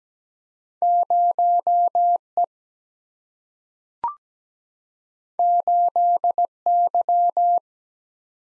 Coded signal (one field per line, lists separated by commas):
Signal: Morse code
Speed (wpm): 17 wpm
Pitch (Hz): 700 Hz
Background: none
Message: 0 E 8 Y